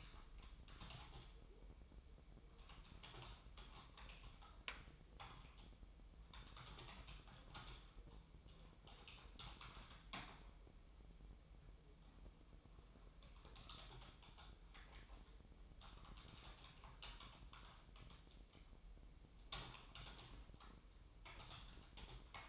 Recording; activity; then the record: daily activity, microphone in the room; typing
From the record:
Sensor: 1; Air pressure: 988.8 hPa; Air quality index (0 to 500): 204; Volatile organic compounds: 1000 ppm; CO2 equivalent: 5430 ppm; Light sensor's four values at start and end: 25/93/35/36 and 25/93/35/36